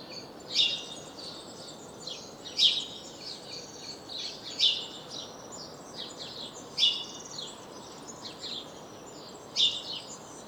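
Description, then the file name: House sparrow chirping, sharp loud chirps every two seconds or so with softer chatter between them, against a constant low hiss. "Passer domesticus"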